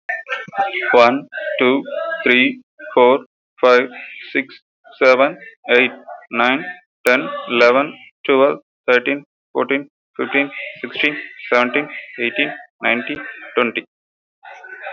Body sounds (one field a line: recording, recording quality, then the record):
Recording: counting at a normal pace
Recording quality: excellent, no background noise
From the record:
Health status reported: exposed to COVID-19, no respiratory illness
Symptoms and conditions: cough, cold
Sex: male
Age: 22 years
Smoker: not ticked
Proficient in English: yes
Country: India